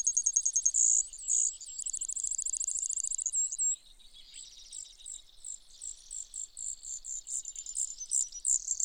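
Brewer's sparrow singing very high rapid trills that switch speed and pitch, followed by quieter scattered chips and short trills.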